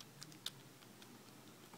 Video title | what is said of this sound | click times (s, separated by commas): 4x4x6 disassembly and assembly tutorial | and we take the final green center with this long hook and it just pops right into there | 0.5 s